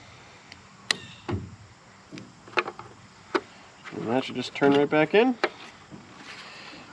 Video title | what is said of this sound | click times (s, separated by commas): WAY HARDER THAN IT NEEDED TO BE! REPLACING REAR BRAKES ON AN 2004 GMC 2500 DURAMAX | and these things should just go ahead and twist out bulbs just snap right in | 0.9 s